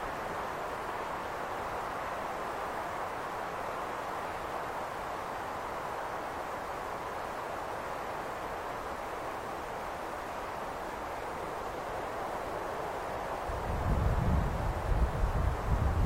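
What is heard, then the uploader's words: Wind whistles steadily across a high, open place, a constant airy rush, until a low buffeting gust thumps against the microphone near the end. Standing on a high place overlooking the fairyland of Xuefeng, listening to the whistling wind.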